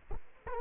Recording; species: mosquito wingbeat signal from an infrared sensor; Culex quinquefasciatus